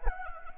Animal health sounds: mosquito wingbeat signal from an infrared sensor; Anopheles gambiae

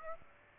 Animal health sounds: mosquito wingbeat signal from an infrared sensor; Aedes aegypti

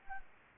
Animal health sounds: mosquito wingbeat signal from an infrared sensor; Anopheles gambiae

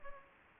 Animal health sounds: mosquito wingbeat signal from an infrared sensor; Culex pipiens

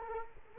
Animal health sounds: mosquito wingbeat signal from an infrared sensor; Culex quinquefasciatus

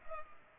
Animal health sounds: mosquito wingbeat signal from an infrared sensor; Culex pipiens

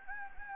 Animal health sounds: mosquito wingbeat signal from an infrared sensor; Anopheles gambiae

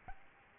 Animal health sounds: mosquito wingbeat signal from an infrared sensor; Aedes albopictus

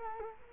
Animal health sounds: mosquito wingbeat signal from an infrared sensor; Culex quinquefasciatus

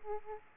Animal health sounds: mosquito wingbeat signal from an infrared sensor; Aedes aegypti

